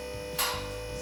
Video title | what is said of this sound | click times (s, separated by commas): Hur du Monterar Saxlyft i Garaget | kom exakt samtidigt på båda sidorna det är ju ett gott tecken så det är inte klick klick klick klick utan det är som bara ett klick på en gång | 0.4 s